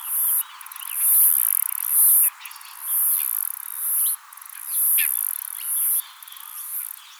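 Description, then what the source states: Myopsalta septa cicada song: a steady cycle of loud, sizzling high buzzes, each followed by a run of quieter rapid ticks, with birds twittering in the background. Recorded at Glenvale.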